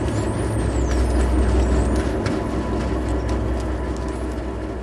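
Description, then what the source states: Bottlenose dolphin whistles: thin high whistles sweeping up and down, with scattered faint clicks, half-buried under loud, steady, low ship noise. Recorded underwater near Auckland, close to a major New Zealand port, late last year; the dolphin was trying to communicate over a large ship's noise.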